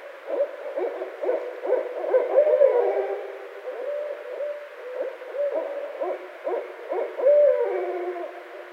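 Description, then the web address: Barred owl hooting in a long excited series of short hoots with drawn-out, wavering notes mixed in. Recorded 5 February 2012. "Barred Owl 2012 02 05"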